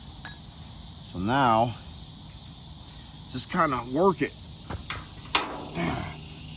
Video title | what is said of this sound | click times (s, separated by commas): So You Wanna Build An AD Episode 35 Final frame tear down￼ | you hear it pop free that's not good because the bushing | 5.3 s